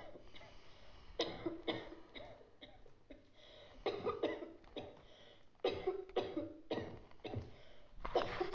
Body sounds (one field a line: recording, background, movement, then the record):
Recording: deep breathing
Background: a bystander coughing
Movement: sitting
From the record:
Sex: female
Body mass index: 21.8 kg/m2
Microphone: on the chest, facing outward